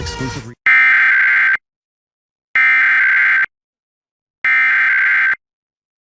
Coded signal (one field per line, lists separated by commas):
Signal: Emergency Alert System (SAME) tones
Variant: header bursts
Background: speech